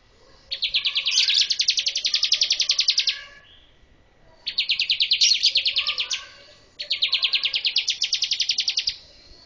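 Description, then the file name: Bar-winged prinia calling in three bursts of rapid, buzzy, evenly repeated high notes. The bursts last roughly two to three seconds, with short silent gaps between them. "suara ciblek kurawa"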